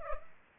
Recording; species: mosquito wingbeat signal from an infrared sensor; Culex pipiens